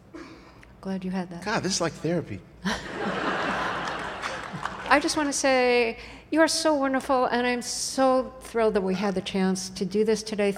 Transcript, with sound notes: glad you had that.
God, this is like therapy.
(LAUGHTER)
I just want to say you are so wonderful and I am so thrilled that we had the chance to do this today...